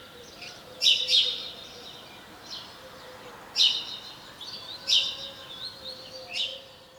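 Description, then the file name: House sparrow calls: loud clipped chirps, some in quick pairs, given irregularly every second or so, over softer background twittering and a low hum. "Passer domesticus"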